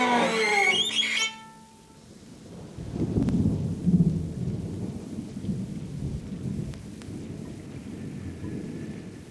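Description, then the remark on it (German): A stormy downpour with low, rumbling thunder rolling through steady rain, opening with a brief tonal chime before the storm swells into a continuous, loud wash of rain and thunder. “Was für ein Wetter. Hörst du das? Jetzt kannst du nicht nach Hause gehen. Du wirst doch klitschnass.”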